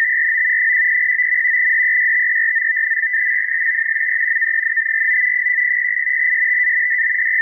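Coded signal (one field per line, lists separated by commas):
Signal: NAVTEX (SITOR-B)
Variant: 100 baud SITOR-B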